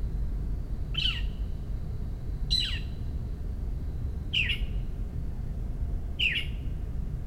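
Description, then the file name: Northern mockingbird giving harsh, scratchy downslurred call notes, four of them spaced roughly every one and a half to two seconds, over a low steady rumble. Calls given in protest at a commotion, recorded at home in Maryland, USA, on 26 May 2012. "Northern Mockingbird Home MD 20120526 protesting commotion"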